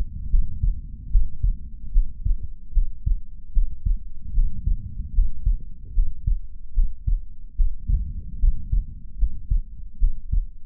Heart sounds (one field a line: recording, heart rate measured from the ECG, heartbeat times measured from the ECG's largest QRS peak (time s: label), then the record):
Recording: heart sounds by stethoscope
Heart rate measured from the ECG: 74 bpm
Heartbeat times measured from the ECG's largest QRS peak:
0.28 s: heartbeat
1.09 s: heartbeat
1.91 s: heartbeat
2.72 s: heartbeat
3.51 s: heartbeat
4.32 s: heartbeat
5.12 s: heartbeat
5.92 s: heartbeat
6.73 s: heartbeat
7.54 s: heartbeat
8.38 s: heartbeat
9.16 s: heartbeat
9.97 s: heartbeat
From the record:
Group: healthy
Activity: rest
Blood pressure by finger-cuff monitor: 95/58 mmHg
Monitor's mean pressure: 70 mmHg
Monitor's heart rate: 74 bpm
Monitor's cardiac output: 6.2 L/min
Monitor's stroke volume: 83 mL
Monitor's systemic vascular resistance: 810 dyn s/cm5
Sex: female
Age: 26 years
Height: 165 cm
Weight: 55 kg